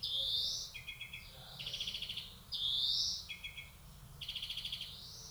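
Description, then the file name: European greenfinch pairing drawn-out rising wheezes with short stuttering trills, the pattern repeated. "Chloris chloris"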